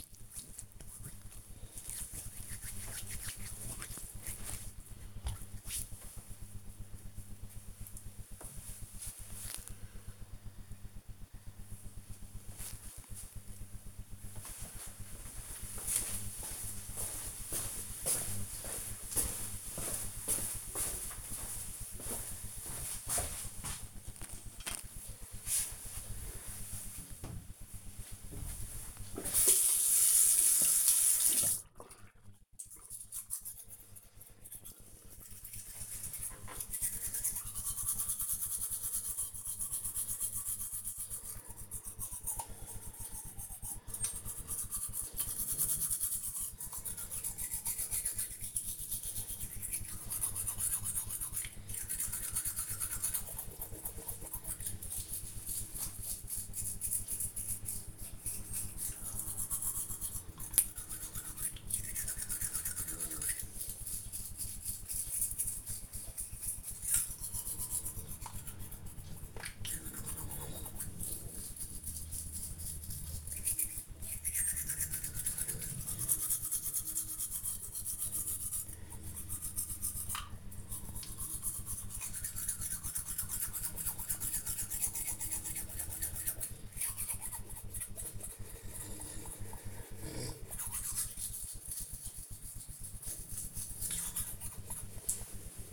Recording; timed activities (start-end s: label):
household activities, microphone on the right wrist
0.00-5.20 s: disinfecting hands
22.33-95.73 s: brushing teeth